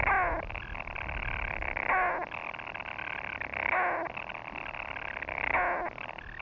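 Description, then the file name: European storm petrel giving a continuous buzzy purring churr, broken about every two seconds by a short hiccup note. "Storm Petrel (Hydrobates pelagicus)"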